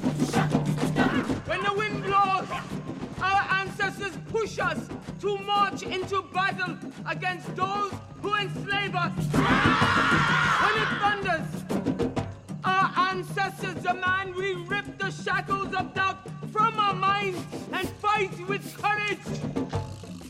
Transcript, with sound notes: When the wind blows, our ancestors push us to march into battle against all who enslave us.
(YELLING)
When it thunders, our ancestors demand we rip the shackles of doubt from our minds and fight with courage.